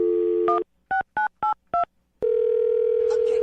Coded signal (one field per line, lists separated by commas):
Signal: DTMF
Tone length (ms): 120 ms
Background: speech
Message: 16982